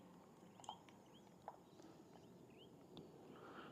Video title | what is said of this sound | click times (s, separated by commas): Mena Creek Ride (19th Feb 2026) - (18.9 km / 11.7 miles SW of Innisfail Australia).. | Clicks in place, and charge we go. | 1.5 s